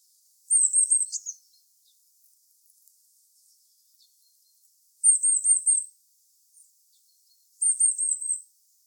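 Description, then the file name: Eurasian blue tit giving high, thin repeated notes in short rapid strings of about five, spaced a few seconds apart, with a brief lower tail on the first burst. "Cyanistes caeruleus"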